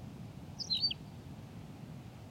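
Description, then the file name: Tawny pipit: a single brief, high, downward-slurred chirping phrase over a quiet low background hum. "Pipit rousseline Anthus campestris"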